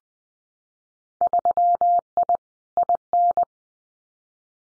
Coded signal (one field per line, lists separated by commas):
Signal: Morse code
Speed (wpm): 20 wpm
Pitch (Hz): 700 Hz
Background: none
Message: 3I IN